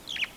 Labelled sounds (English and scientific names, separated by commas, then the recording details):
Superb Starling (Lamprotornis superbus) flight call
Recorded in Kenya